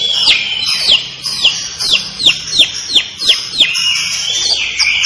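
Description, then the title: Long-tailed shrike song: a run of sharp, downward-sweeping whistled notes about three per second, with a steadier high whistle running beneath. Described as gacor. "Cendet Gacor"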